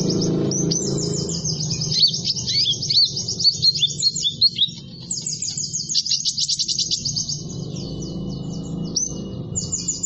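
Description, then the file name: Sunbird song: a continuous high jumble of quick chirps, slurred notes and trills over steady low background noise. Sunbird sound intended for luring birds and provoking them to call. "suara burung madu untuk memancing bunyi"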